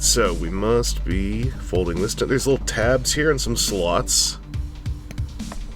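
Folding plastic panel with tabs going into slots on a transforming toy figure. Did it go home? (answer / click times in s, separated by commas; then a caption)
yes / 5.5 s. A plastic panel on a transforming toy figure is folded so its tabs meet the slots while someone talks. Near the end, a few light plastic ticks lead into a small, tactile clunk at 5.5 s as the panel seats into place.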